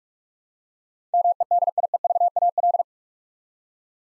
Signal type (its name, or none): Morse code